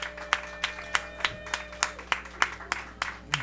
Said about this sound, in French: Simon Boisvert, maintenant. Simon Boisvert, oui. Simon Boisvert, on l'applaudit.